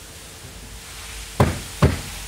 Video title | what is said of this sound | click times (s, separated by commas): 2011 Cadillac SRX quick interior disassembly for sunshade removal pt2 | man fantastic so after a little bit of fighting a little bit arguing with it it finally snaps into place got our | 1.4 s, 1.8 s